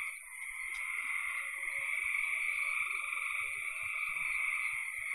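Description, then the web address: Frogs in a continuous high trilling chorus, with faint low knocks and clicks in the background. "cn frogs"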